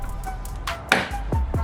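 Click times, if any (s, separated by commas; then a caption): 0.9 s. A retaining clip on a carbon fiber rear diffuser for a Mopar Daytona 392 is pushed into the rear bumper after the diffuser is lined up. After a soft scrape at 0.7 s, a sharp, bright snap at 0.9 s marks the clip seating, followed by two dull low thumps around 1.3 s and 1.5 s. The clip is seated in the bumper.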